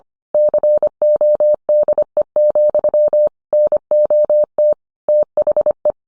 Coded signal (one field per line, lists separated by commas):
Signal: Morse code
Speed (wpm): 25 wpm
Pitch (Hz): 600 Hz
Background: none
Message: CODE, NOT THE